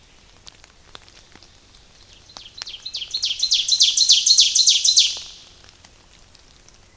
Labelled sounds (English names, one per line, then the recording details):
Ovenbird song
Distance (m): 15 m
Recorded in boreal forest in Alberta, Canada, on 29 May 2016 at 05:14
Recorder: SongMeter 3, array SBT-3-49
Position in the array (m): 81 m, 250 m
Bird 14